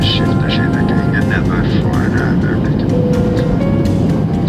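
airplane engine noise

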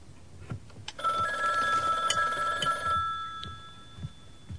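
telephone ringing

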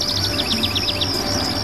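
small birds chirping

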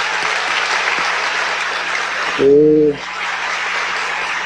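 audience applause

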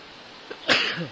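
sneeze

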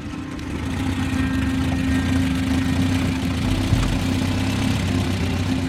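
car engine idling

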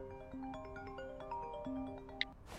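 mobile phone ringing

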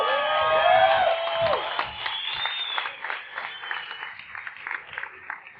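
audience applause

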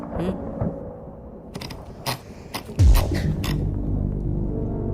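thunder

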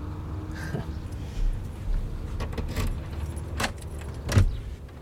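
keys jangling

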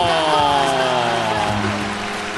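applause

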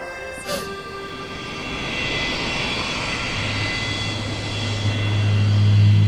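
airplane engine

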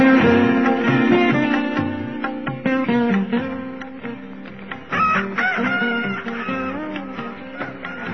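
rooster crowing

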